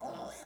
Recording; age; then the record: pig call; piglet (1 to 25 days)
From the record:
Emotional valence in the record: negative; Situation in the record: restrain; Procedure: sham castration, cut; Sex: male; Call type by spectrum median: low-frequency call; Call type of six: mixed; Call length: 0.46 s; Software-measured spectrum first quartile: 610 Hz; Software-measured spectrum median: 903 Hz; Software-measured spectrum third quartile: 3457 Hz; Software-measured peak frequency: 677 Hz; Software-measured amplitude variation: 101 dB a second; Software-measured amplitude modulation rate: 29.3 a second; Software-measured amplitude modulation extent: 3.4 dB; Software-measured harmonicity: 2.6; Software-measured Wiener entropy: -2.70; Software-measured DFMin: 919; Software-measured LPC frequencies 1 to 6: 694, 3409, 5395, 6241, 7563, 9363 Hz